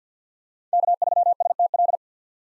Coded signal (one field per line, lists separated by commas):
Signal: Morse code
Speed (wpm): 50 wpm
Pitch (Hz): 700 Hz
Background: none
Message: K3STL